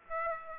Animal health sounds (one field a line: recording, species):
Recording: mosquito wingbeat signal from an infrared sensor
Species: Aedes aegypti